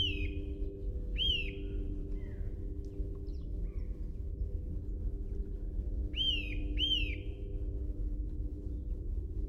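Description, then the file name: Eurasian nuthatch giving loud, piping calls that rise then fall, two pairs of notes separated by a pause, with fainter calls between and a steady low hum throughout. "Sitta europaea"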